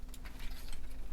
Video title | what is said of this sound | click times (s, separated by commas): FansToys FT-22 KOOT Transformers Masterpiece Kup | gap and then everything just pushes and clicks | 0.1 s, 0.7 s